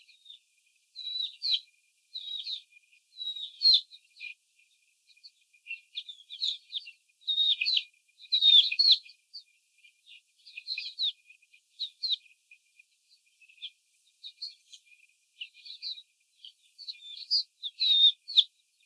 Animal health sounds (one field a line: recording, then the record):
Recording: young laying hens in a cage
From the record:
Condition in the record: before the stressor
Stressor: simulated dog barking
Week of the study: 4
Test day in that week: 3